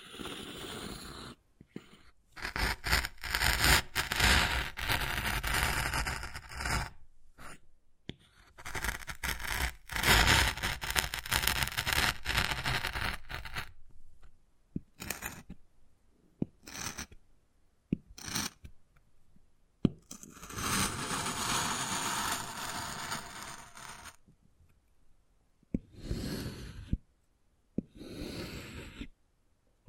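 Wood carving produces bursts of bright, gritty scraping and scratching, broken by frequent silences and a few sharp taps around twenty seconds.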